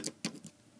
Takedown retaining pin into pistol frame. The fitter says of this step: so push it back in the weapon till you hear that first click okay